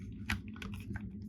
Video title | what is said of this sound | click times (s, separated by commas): Playmates Toys Combinable Thunderzords Review - Mighty Morphin Power Rangers Re-Ignition Season 2 | and then it clips in up here | 0.3 s